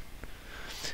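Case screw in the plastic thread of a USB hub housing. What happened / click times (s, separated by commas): The screw thread dropped into the existing thread / 0.2 s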